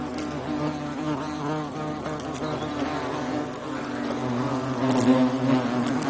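European hornet flight buzz, a continuous low hum that shifts in pitch and grows a little louder toward the close.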